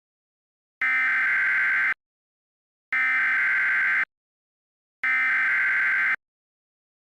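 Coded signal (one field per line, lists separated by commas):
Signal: Emergency Alert System (SAME) tones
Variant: header bursts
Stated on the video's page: Mock tornado emergency alert for Peoria, not a real broadcast.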